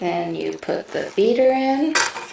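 Someone talks while a plastic beater is handled and brought to the top housing of a Cuisinart soft-serve ice cream maker, above the freezer bowl, with brief knocks and a short broadband rustle near the end. The beater has not clicked in or seated yet.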